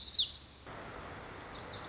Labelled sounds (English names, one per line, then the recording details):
Lazuli Bunting
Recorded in Sonoma County, California